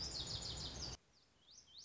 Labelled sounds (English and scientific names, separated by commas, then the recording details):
Lazuli Bunting (Passerina amoena)
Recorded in Sonoma County, California